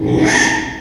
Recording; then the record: squeal of a Yucatan mini pig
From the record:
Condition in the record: after surgery on the right vocal fold (resection and tissue-engineered implant); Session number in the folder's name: 4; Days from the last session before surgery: 42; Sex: male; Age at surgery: 12 weeks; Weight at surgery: 13 kg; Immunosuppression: cyclosporine, prednisolone